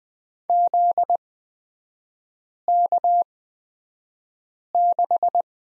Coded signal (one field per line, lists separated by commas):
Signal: Morse code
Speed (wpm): 20 wpm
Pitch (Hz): 700 Hz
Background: none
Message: ZK6